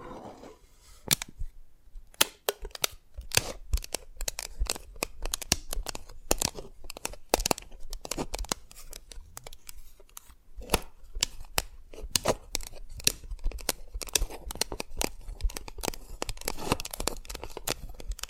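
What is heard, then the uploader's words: Dense tapping and sharp cracking of a brittle candy, with rapid crisp clicks continuing throughout and a brief lull near two seconds. ASMR SQUID GAME Dalgona Candy Challenge Tapping, Cracking Triggers for Sleep(No Talking).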